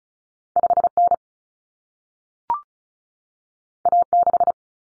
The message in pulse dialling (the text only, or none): none